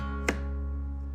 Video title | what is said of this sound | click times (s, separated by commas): Beginner's Guide: NutriMill Harvest Grain Mill | Once it is in, we are going to turn clockwise until you hear a click. | 0.3 s